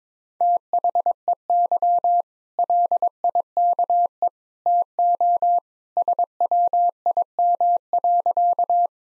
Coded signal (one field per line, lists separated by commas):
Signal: Morse code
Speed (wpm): 22 wpm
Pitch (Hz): 700 Hz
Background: none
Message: THEY LIKE TO SWIM.